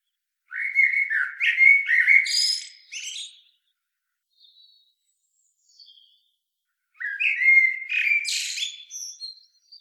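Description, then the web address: Common blackbird song in two phrases, rich whistled notes followed by sharp high squeaky twitters, a few faint soft notes in the pause. "SETE Turdus merula"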